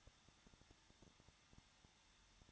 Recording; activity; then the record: daily activity, microphone in the room; no activity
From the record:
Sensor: 3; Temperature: 21.2 degrees Celsius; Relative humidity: 36.4%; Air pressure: 1006.4 hPa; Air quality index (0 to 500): 223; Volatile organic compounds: 42 ppm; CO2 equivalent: 3185 ppm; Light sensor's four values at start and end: 2/3/2/2 and 2/3/2/2